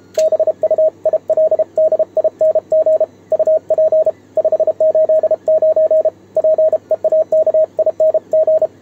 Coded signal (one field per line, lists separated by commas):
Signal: Morse code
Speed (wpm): 32 wpm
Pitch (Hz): 630 Hz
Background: radio noise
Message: BUILDING UP 589 PEAKING